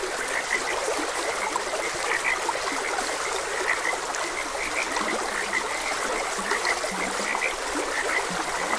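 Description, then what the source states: Frogs calling with brief, high clicking croaks in irregular bursts and occasional deeper notes, steady trickling water beneath. Frogs croaking beside a gentle stream.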